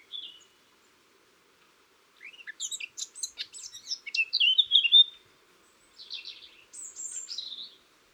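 Eurasian blackcap song, a short soft note then a rich, fast warble of mixed scratchy and fluty notes, ending in quieter trailing phrases.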